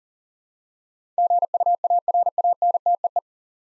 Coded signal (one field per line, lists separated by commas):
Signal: Morse code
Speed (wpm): 43 wpm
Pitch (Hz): 700 Hz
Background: none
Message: GUARANTEE